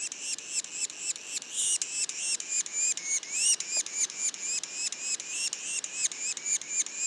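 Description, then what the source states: Yellow-bellied sapsucker calls, a rapid insistent series of raspy squeals, about four each second. Juveniles, Mont-Orford National Park, Quebec.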